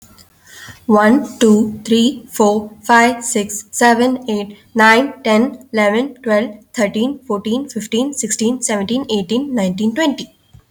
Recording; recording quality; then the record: counting at a fast pace; excellent, no background noise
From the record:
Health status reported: healthy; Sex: female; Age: 20 years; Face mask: not worn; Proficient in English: yes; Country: India